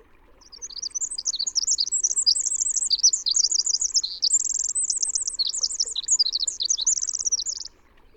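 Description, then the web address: Winter wren song, a long, rapid, high-pitched tumbling cascade of tinkling trills and warbles lasting about seven seconds without pause. Western North American species. "Songs of Birds of North America Know Your Bird Sounds. Winter Wren"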